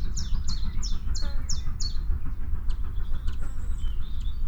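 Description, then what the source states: Common chiffchaff song: six sharp, high notes in an even, bouncing series, then softer chirps over a steady low rumble. Adult bird singing.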